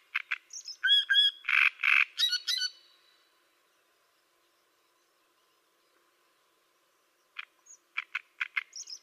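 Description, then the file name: Great reed warbler singing a loud phrase of harsh, chattering notes and nasal whistled syllables, then a long pause before starting again with sharp clicks. "Cannareccione"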